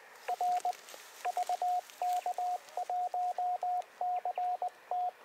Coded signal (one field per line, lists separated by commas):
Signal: Morse code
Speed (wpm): 19 wpm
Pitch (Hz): 720 Hz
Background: radio noise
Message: R VK1CT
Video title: SOTA trip to the Brindies